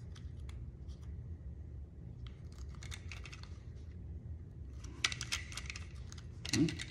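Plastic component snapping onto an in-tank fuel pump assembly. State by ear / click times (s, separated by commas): not seated / none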